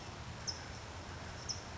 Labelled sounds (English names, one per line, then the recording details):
California Towhee
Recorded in Sonoma County, California